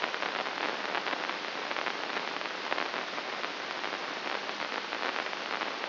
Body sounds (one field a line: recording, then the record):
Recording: brain microelectrode recording played as sound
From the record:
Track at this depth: outside the subthalamic nucleus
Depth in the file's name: 6.629 mm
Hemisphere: left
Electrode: 2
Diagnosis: Parkinson's disease